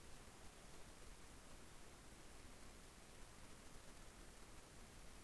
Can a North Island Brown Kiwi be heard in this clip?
no